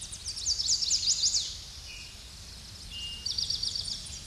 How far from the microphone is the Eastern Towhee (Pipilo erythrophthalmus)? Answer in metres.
about 20 m